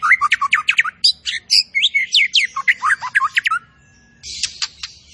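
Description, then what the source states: Zebra finch song, a fast chattering series of high downslurred chips and whistles for several seconds, then a short gap and a few quick high notes. Masteran training audio of a tembakan bird singing actively (gacor).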